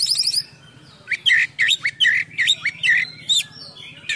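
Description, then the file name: Oriental magpie-robin singing a rapid trill, then a row of mellow slurred whistles. Full song with imitations, described as gacor (singing persistently) with full isian (mimicked filler songs). "KACER GACOR FULL ISIAN MEWAH"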